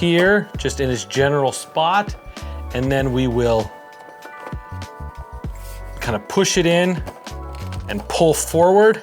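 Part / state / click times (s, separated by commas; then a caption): plastic side panel onto printer chassis / not seated / none. A plastic side panel is set in its general spot and lined up on the chassis of an Epson ET-8550 printer being converted to DTF, ready to be pushed in. Someone talks over background music, with soft handling noises and a couple of brief taps. Nothing has seated or clicked yet.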